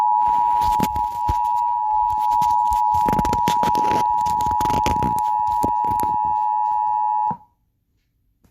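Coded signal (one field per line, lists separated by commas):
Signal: Emergency Alert System (SAME) tones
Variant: 853 and 960 Hz attention tone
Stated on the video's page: Mock alert, simulated rather than a real broadcast.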